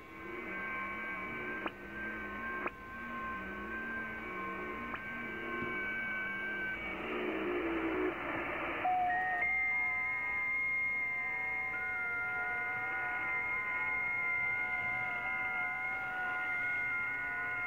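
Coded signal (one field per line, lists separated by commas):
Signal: FT8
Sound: several overlapping steady warbling tones at different pitches, changing at once partway through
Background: radio static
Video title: V84SAA, Brunei ASIA, 10MHz, FT8, Worked by HL2WA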